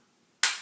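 During takedown of an unloaded pistol, the trigger safety is engaged and the trigger is pulled, releasing the striker so the metal slide can come off the lower receiver. After near silence, one sharp, bright click at 0.4 s fades out over the last quarter second. The slide is released for takedown.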